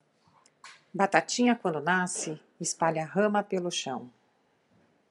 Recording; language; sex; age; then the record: short text; Brazilian Portuguese; female; 40 to 49 years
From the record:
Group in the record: control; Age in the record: 42 years